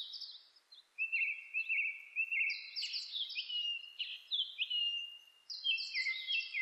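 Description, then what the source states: Japanese thrush singing a varied run of clear whistled and warbled phrases, some sliding up or down, packed closely together with brief gaps throughout. Recorded on 26 April 2006.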